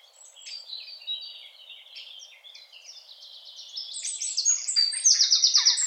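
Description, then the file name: Eurasian wren song, quieter warbling notes at first, then growing louder into a fast, high, metallic trill at the close. "Troglodytes troglodytes"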